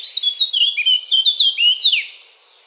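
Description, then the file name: Eurasian blackcap giving a brief, loud flourish of clear fluty whistles, each note sliding downward, which then fades quickly. "Sylvia atricapilla"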